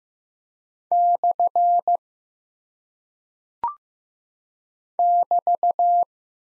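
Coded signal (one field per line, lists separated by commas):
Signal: Morse code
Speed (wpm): 15 wpm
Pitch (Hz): 700 Hz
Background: none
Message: / <BT>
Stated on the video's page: Morse code practice of punctuation and prosign characters at 15 wpm, each sent, spoken, then sent again for head-copy.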